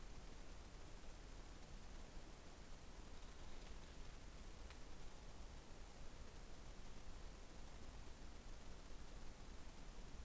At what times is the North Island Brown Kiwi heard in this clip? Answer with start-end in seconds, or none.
none